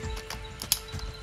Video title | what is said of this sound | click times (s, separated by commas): GIGANTIC Dinosaur Collection: Biggest To Smallest, Apex Predators, etc. - T-Rex, I-Rex and More! | and finally the tail and it clicks right into the back | 0.7 s